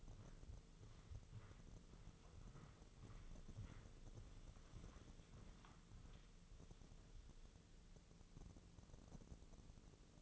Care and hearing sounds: daily activity, microphone in the room; walk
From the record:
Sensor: 4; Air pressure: 996.7 hPa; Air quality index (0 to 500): 245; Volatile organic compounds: 393 ppm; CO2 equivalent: 4660 ppm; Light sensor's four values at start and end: 49/121/50/50 and 51/125/52/52

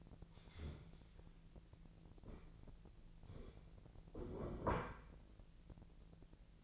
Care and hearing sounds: daily activity, microphone in the room; stand up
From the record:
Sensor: 5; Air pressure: 1002.0 hPa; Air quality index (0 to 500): 247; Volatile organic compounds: 30 ppm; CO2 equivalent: 2967 ppm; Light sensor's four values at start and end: 40/95/40/43 and 40/96/40/43

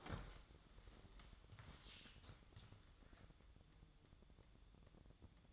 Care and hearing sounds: daily activity, microphone in the room; stand up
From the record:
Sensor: 3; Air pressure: 1005.0 hPa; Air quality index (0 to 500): 83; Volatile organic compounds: 2 ppm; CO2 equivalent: 1274 ppm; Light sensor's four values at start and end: 9/20/8/8 and 7/17/7/7

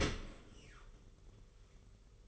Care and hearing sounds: daily activity, microphone in the room; open dishwasher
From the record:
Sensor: 4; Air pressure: 991.2 hPa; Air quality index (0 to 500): 155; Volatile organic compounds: 114 ppm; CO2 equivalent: 3842 ppm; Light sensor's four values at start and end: 22/73/27/28 and 21/72/26/27

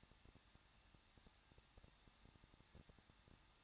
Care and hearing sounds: daily activity, microphone in the room; no activity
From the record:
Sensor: 3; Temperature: 21.2 degrees Celsius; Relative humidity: 36.3%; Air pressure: 1006.3 hPa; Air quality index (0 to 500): 221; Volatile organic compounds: 40 ppm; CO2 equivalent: 3153 ppm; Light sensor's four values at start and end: 2/3/2/2 and 2/3/2/2

